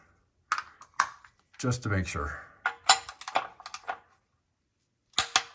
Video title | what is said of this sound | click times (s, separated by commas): Oil & Filter on a Toyota 3.5L V6 (2008 Lexus RX-350) | so now he's going to get another click do it one more time | 0.5 s